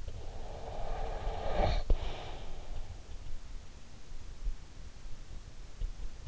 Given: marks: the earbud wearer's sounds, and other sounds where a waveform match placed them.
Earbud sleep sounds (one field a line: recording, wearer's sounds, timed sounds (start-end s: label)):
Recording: sounds in sleep by an in-ear microphone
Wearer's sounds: snoring breath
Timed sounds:
0.66-2.61 s: snoring breath